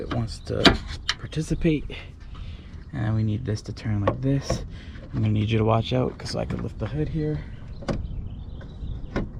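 Someone talks while handling a hydraulic hood strut, pressing its end socket toward the metal ball stud in the hood hinge area of a Mustang to replace the prop rod, with the hood being watched. Light handling and rattling sounds run under the talking, with a few sharp ticks near 7.9 s and 9.2 s. Nothing has seated or clicked into place yet.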